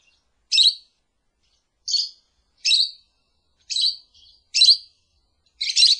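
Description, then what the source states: Lovebird lure calls, loud shrill chirps repeated roughly once a second in a steady series of six. Lure call used to attract lovebirds.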